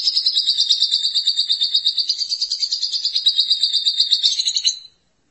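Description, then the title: Lovebird song: a steady, fast-pulsed shrill chatter with a slightly wavering pitch, holding for nearly five seconds before stopping abruptly. "BM Suara Burung Lovebird"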